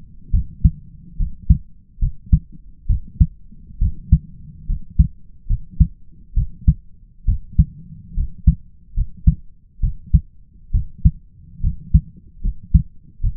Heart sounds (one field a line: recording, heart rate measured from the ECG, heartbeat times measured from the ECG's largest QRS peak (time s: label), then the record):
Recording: heart sounds by stethoscope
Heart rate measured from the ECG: 70 bpm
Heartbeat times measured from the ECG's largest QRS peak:
0.31 s: heartbeat
1.17 s: heartbeat
1.99 s: heartbeat
2.87 s: heartbeat
3.79 s: heartbeat
4.66 s: heartbeat
5.47 s: heartbeat
6.34 s: heartbeat
7.25 s: heartbeat
8.14 s: heartbeat
8.94 s: heartbeat
9.80 s: heartbeat
10.71 s: heartbeat
11.61 s: heartbeat
12.41 s: heartbeat
13.21 s: heartbeat
From the record:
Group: healthy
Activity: rest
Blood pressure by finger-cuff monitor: 131/73 mmHg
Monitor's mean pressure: 85 mmHg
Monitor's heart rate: 69 bpm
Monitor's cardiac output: 5.4 L/min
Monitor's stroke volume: 77 mL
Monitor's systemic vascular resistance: 1160 dyn s/cm5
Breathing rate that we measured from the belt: 17 breaths a minute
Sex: male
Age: 20 years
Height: 167 cm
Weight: 61 kg